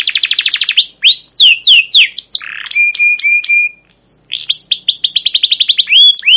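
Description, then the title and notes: Canary song opening with a rapid rolling trill, then slurred chirps, a harsh burst and a run of short level whistles before more fast trilling. Long, persistent, emotive chirping 'cuit cuit' rolling canary song, used as a lure and as a tutor for young canaries learning to sing. "CUIT CUIT NGEROL LANGSUNG GACOR PANJANG Kenari Ini Utk Pancingan KENAR. PANCINGAN Kenari GACOR PANJANG Cuit CUIT EMOSI ini utk MASTERAN Kenari PAUD belajar BUNYI. burung kenari"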